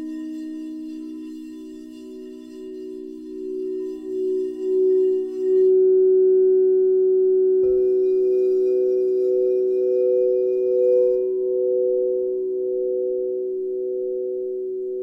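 Singing bowls ring with long, sustained low tones that swell and pulse in slow waves, growing louder after about five seconds. Near eight seconds a soft strike adds a brighter, higher tone that hums steadily alongside the deeper ring until the end.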